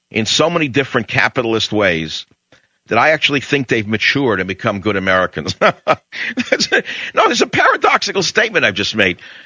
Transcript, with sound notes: in so many different capitalist ways that I actually think they've matured and become good Americans. [laughs] No, there's a paradoxical statement I've just made.